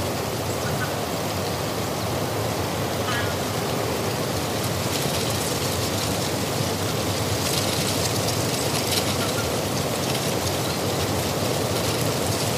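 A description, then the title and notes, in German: Wind blows steadily across a mountain meadow, a dense, even rush that barely changes in level. Dry leaves from last summer crackle and skitter through it, with brighter rustling bursts clustering between about five and nine seconds. Natur - Wind am Hochgern. Dabei wurde ich von starken Wind überrascht der die Blätter vom letzten Sommer knisternd über die Bergwiese treibt.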